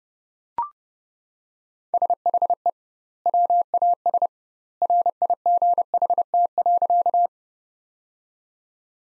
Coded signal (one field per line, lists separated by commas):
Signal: Morse code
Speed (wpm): 32 wpm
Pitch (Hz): 700 Hz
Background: none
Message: SHE WAS RIGHT.